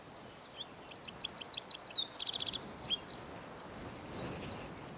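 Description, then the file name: Eurasian wren song: shrill, fast trills and staccato notes pour out in one continuous energetic phrase, with soft hiss behind. "Troglodytes troglodytes"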